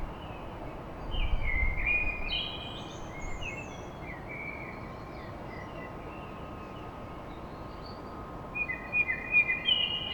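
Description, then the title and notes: Common blackbird singing mellow warbled phrases with high twittery tails, with a low rumble early and a faint steady hum. Song recorded at dawn in Paris. "Blackbird Poetry At Paris On. Enregistrement d'un chant de merle à l'aube dans Paris"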